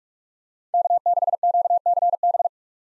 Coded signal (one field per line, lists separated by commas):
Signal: Morse code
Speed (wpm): 43 wpm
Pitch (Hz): 700 Hz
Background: none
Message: K6QCB